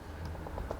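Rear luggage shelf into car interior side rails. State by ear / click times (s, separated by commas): seated / 0.6 s, 0.7 s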